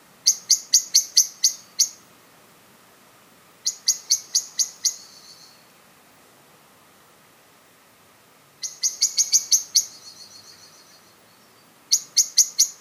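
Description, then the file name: Common blackbird uttering rapid runs of sharp, metallic chink notes in spaced bursts, some trailing off into softer chatter. "Turdus merula"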